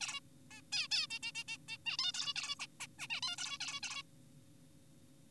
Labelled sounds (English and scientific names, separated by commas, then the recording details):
Zebra Finch (Taeniopygia guttata)
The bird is an adult
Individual g4p5U